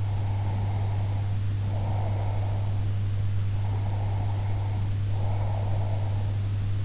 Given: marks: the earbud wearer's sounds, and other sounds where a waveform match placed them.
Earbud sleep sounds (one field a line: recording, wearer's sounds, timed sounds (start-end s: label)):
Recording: sounds in sleep by an in-ear microphone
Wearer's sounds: breath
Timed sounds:
0.00-2.85 s: breath
3.48-6.37 s: breath